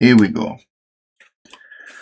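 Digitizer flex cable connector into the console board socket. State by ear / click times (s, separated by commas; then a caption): seated / 1.5 s. Someone talks briefly, then during a Nintendo Switch repair the digitizer's flex ribbon-cable connector is pressed onto its socket on the console board. A short click is heard at about 1.5 s, followed by a faint thin tone and soft handling noise. The connector clicks in and is seated.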